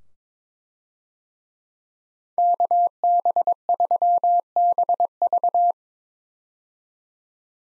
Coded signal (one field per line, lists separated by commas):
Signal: Morse code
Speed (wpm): 22 wpm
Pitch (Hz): 700 Hz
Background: none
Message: KB3BV